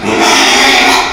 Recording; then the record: squeal of a Yucatan mini pig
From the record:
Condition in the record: after surgery on the right vocal fold (resection and tissue-engineered implant); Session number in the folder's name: 2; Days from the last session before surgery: 13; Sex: male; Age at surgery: 12 weeks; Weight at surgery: 13 kg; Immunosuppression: cyclosporine, prednisolone